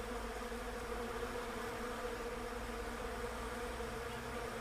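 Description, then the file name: Bees buzzing in an unbroken, level hum, a massed drone that neither rises nor falls. Bees in a Russian olive tree. "romancito bees-in-a-russian-olive-tree"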